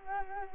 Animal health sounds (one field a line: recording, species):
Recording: mosquito wingbeat signal from an infrared sensor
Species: Culex quinquefasciatus